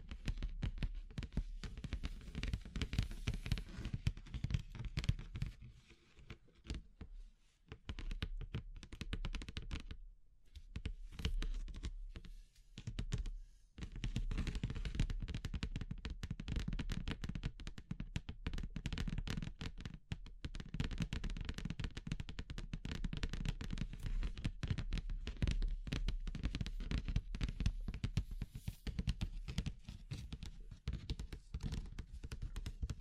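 Wood, bamboo and straw being handled make a dense, continuous run of quick crackles and taps, like rustling and tapping at once. The clicking stays busy throughout, with brief near-silent gaps around ten and thirteen seconds and a faint low rumble underneath.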